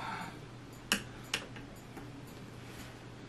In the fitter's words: right good got that locked into place